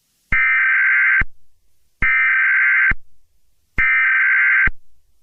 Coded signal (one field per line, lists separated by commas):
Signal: Emergency Alert System (SAME) tones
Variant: header bursts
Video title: (EAS scenario) trollge (jumpscare warning)